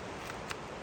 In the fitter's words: hear the click that's it